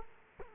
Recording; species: mosquito wingbeat signal from an infrared sensor; Culex quinquefasciatus